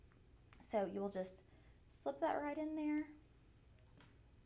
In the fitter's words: listen for that click and then you have a safety as well so you know that's going to secure